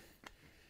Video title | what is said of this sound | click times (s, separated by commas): Kreg Tutorial | and it pops right into that and then | 0.3 s